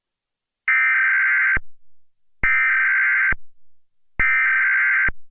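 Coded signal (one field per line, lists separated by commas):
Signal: Emergency Alert System (SAME) tones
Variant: header bursts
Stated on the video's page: Recreation of the first national EAS test.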